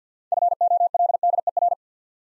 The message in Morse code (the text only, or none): FOLDER